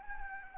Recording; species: mosquito wingbeat signal from an infrared sensor; Anopheles gambiae